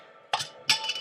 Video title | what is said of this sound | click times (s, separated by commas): cooking with lexx part 1 | hear the pop okay uh now that looks you can see that looks really really fresh | 0.3 s, 0.7 s